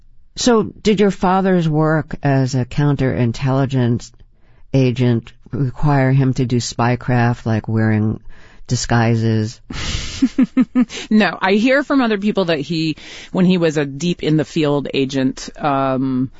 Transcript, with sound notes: So did your father's work as a counterintelligence agent require him to do spy craft, like wearing disguises?
(Laughter) No. I hear from other people that when he was a deep in the field agent,